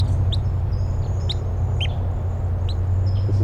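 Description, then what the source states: Red crossbill (type 3) giving several short, sharp call notes over a loud, steady low rumble. Type 3; wild birds flying over.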